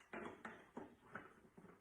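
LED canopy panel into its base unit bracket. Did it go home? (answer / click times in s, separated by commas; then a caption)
no / none. The LED canopy panel of a Dermalux Flex is lined up with its base unit bracket and gently slid toward it, with the black wire placed at the back of the bracket. There are five soft knocks and scrapes at about 0.1, 0.5, 0.8, 1.2 and 1.6 seconds as it is handled. Nothing has seated or clicked yet.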